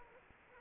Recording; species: mosquito wingbeat signal from an infrared sensor; Anopheles arabiensis